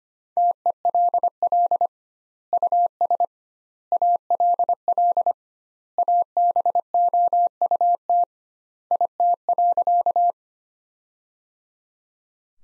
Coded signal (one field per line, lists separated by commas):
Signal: Morse code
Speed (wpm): 25 wpm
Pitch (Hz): 700 Hz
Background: none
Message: TELL US ALL ABOUT IT.